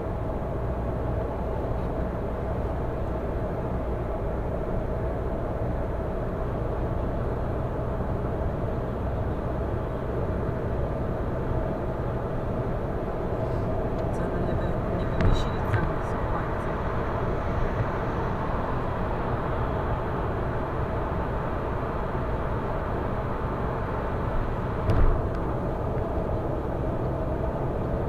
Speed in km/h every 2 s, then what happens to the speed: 106, 107, 107, 107, 110, 113, 115, 114, 114, 114, 114, 115, 115, 115.
0-28 steady at about 114.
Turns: none.